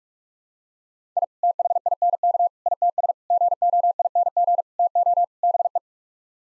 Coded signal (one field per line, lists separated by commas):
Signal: Morse code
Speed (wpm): 42 wpm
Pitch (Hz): 700 Hz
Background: none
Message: I THINK ITS GOING TO BE